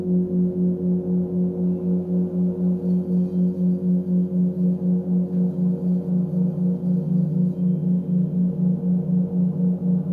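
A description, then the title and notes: Tibetan singing bowls hum in a steady, low drone with a bright ringing tone layered above it. The sound pulses evenly about four times a second, a smooth regular throb that holds for the whole stretch without any new strikes or breaks. F# Heart Chakra Singing Bowls with 4hz Binaural Beat. Tibetan Singing bowls with a 4hz binaural beat.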